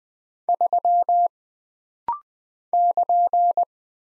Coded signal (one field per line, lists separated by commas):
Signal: Morse code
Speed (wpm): 20 wpm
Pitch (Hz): 700 Hz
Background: none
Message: 3 <KN>